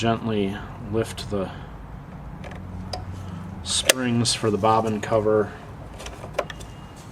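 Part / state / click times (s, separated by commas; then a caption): bobbin cover into sewing machine bed / seated / 6.4 s. On a Singer Sears 1244 sewing machine, the springs are gently lifted so the metal bobbin cover can slide back into the machine bed while someone talks. A sharp, short click at 6.4 s marks the bobbin cover locking into place.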